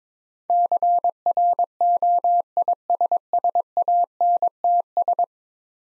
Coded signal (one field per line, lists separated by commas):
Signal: Morse code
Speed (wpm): 22 wpm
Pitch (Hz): 700 Hz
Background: none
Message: CROISSANTS